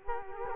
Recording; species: mosquito wingbeat signal from an infrared sensor; Culex quinquefasciatus